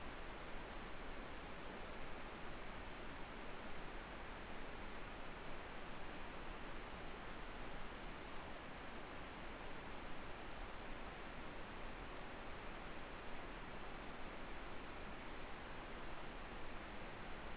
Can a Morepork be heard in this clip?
no